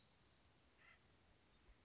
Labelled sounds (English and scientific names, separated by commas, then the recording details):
Acorn Woodpecker (Melanerpes formicivorus)
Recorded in Sonoma County, California